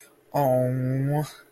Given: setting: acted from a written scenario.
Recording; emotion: vocal sound without words; distress